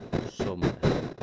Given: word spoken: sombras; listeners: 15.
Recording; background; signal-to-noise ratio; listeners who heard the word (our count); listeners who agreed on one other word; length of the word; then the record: one Spanish word in noise, from a listening test; noise modulated by one talker; -11.0 dB; 4 of 15; 10 of 15; 0.83 s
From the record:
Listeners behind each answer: 10, 4, 1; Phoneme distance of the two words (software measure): 7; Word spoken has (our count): 2 syllables, 7 phonemes, stress on syllable 1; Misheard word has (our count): 2 syllables, 6 phonemes, stress on syllable 1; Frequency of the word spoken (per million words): 28.50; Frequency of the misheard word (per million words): 57.63